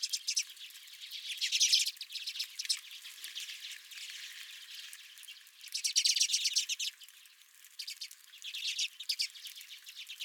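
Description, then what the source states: Redpoll flock chattering steadily, dry twittering notes swelling into louder bursts around two, six and nine seconds, then easing off between them. Several redpolls at the recordist's feeder.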